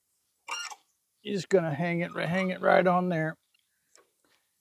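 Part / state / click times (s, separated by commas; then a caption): driveshaft hanging bracket into its stow bracket on a tiller/flail mower / seated / 3.9 s. Someone talks while the metal driveshaft hanging bracket of a John Deere / Frontier implement (RT3042 tiller and FL1061 flail mower) is moved to the other side and hung on a small stow bracket. After the talking stops, a faint sharp click at 4.0 s marks the bracket snapping into its stowed position.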